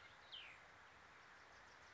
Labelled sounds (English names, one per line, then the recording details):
Cassin's Vireo
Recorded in Sonoma County, California